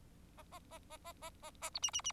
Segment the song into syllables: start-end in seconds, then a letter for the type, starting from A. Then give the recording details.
0.37-0.42 A, 0.51-0.59 A, 0.71-0.79 A, 0.90-0.97 A, 1.05-1.12 A, 1.22-1.30 A, 1.42-1.51 A, 1.61-1.70 A, 1.74-1.79 B, 1.82-1.91 C, 1.93-2.01 C, 2.04-2.12 C. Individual Bird4